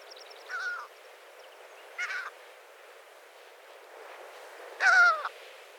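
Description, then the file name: Great skua calls: three separate harsh, nasal notes, spaced irregularly, the last loudest. "Storlabb"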